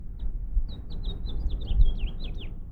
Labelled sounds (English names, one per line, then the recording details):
House Finch song
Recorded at Woodmere on Long Island, New York, on 11 June 1975
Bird E